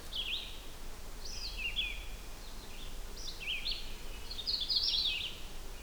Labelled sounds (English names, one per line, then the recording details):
Red-eyed Vireo song
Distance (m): 60 m
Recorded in boreal forest in Alberta, Canada, on 16 June 2016 at 08:44
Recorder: SongMeter 3, array SBT-3-32
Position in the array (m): 48 m, 11 m